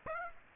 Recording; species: mosquito wingbeat signal from an infrared sensor; Aedes aegypti